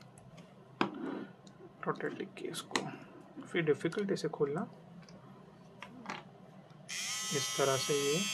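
The plastic blade attachment is pulled off the body of a Xiaomi UNIBLADE electric trimmer, releasing with a loud click at 0.8 s, and it takes some effort to open. Someone talks throughout, and from about 6.9 s the trimmer runs with a steady electric buzz.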